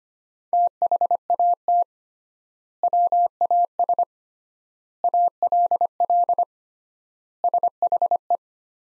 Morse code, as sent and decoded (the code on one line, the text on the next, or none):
- .... .- - / .-- .- ... / .- .-.. .-.. / ... .... .
THAT WAS ALL SHE